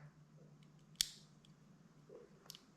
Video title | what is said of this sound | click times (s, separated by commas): Vintage Firearms Series ep. 62 ( 1908 Smith & Wesson Revolver ) | you hear that a there's one click and then you hear the second | 1.0 s, 2.5 s